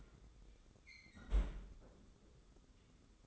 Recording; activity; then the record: daily activity, microphone in the room; close fridge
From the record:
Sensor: 3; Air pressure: 995.2 hPa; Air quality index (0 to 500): 77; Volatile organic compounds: 5 ppm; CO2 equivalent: 1834 ppm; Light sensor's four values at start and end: 19/57/24/21 and 19/57/24/21